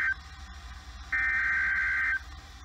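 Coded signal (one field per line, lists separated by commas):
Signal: Emergency Alert System (SAME) tones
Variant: header bursts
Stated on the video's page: EAS tests, one with a different voice.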